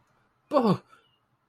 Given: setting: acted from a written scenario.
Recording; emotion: vocal sound without words; negative surprise